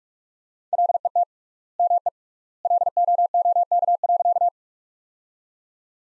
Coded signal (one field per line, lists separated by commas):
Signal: Morse code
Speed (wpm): 44 wpm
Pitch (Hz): 700 Hz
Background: none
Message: LET ME LOOK.